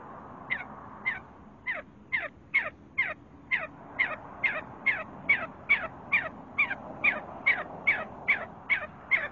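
See-see partridge calling, a steady series of sharp notes sweeping downward, about two or three each second, over a faint background hiss.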